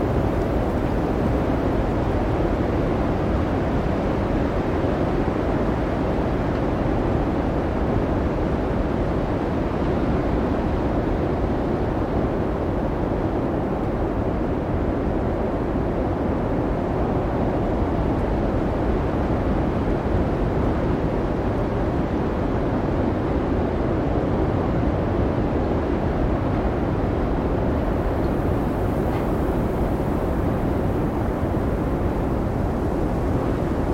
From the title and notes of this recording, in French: Ambiance de Tempête Hivernale. Enregistrement authentique pris au cœur d'un blizzard islandais. Capturé toute une nuit pendant l'immense tempête de neige Diddú à Reykjavík, faites l'expérience des sons réels et indomptés des vents hurlants et de la neige tourbillonnante.